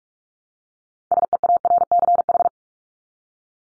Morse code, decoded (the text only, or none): SEARCH